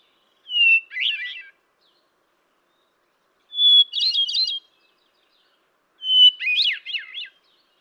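Hermit thrush song in three phrases, each a steady opening whistle followed by a rapid ethereal warbling flourish, spaced by one to two seconds of silence.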